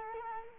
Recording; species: mosquito wingbeat signal from an infrared sensor; Culex quinquefasciatus